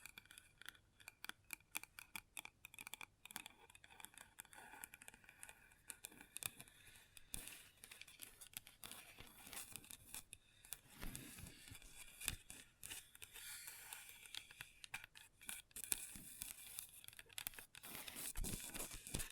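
Long nails tap and scratch across a table in quick, irregular clicks, with bright scraping runs in between. The activity stays dense throughout, denser in the second half, and a few louder knocks land near the end.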